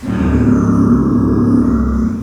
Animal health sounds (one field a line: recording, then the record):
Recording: squeal of a Yucatan mini pig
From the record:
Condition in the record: after surgery on the right vocal fold (resection and tissue-engineered implant)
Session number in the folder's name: 11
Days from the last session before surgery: 98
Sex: female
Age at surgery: 19 weeks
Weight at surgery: 25 kg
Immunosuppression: prednisolone